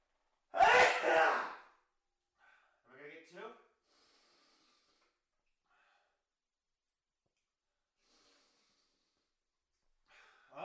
Only got one out of it, but still, good sneeze.